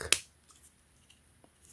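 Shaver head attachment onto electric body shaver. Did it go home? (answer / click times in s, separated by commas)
yes / 0.1 s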